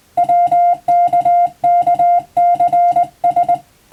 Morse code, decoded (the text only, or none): WKKCS